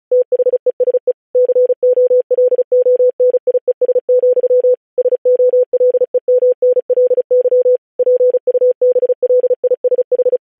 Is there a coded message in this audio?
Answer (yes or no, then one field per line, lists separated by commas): yes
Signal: Morse code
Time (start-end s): 0.1-10.4 s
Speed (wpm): 36 wpm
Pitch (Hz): 500 Hz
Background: none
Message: THESE COLONIES, SOLEMNLY PUBLISH